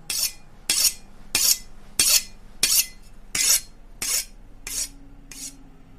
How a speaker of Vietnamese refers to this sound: Tiếng mài dao vẫn loẹt qua loẹt quẹt, kèm theo tiếng phập vang lên dữ dội lắm.